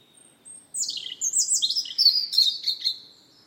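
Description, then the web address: Bird singing: a faint thin whistle, then a quick run of falling, slurred notes that turns into lively chattering twitters. "Bird Only"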